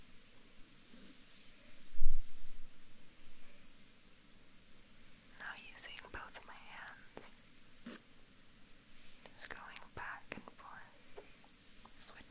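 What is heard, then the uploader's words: Fingernails scrape slowly across skin, each stroke a soft, dry rasp. A louder low thump lands near the two-second mark, then lighter, brighter scratching clusters from about five to eleven seconds over a faint steady hiss. ASMR Long nail back scratch.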